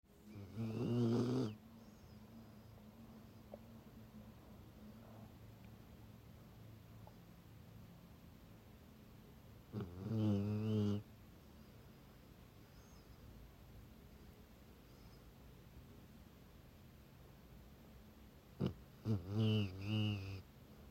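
Three low, rattling snores of about one to one and a half seconds each, spaced roughly 9 to 10 seconds apart, about six a minute, recorded on a Sunday afternoon in Pittsburgh, PA, USA. Each has a buzzy, fluttering quality on the breath in. A faint steady hum runs underneath.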